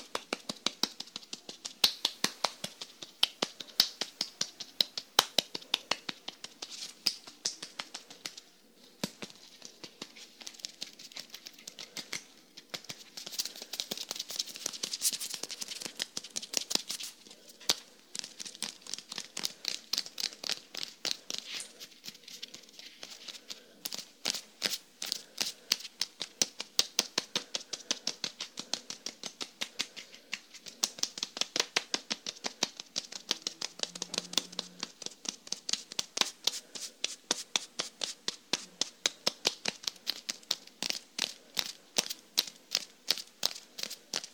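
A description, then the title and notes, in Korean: Hair brushing and scalp massage make crisp, bristly strokes in a dense, steady stream, turning into quick, regular ticking bursts in the second half. 토탈케어 F코스 ASMR (샴푸, 스킨케어, 두피마사지, 헤어브러싱).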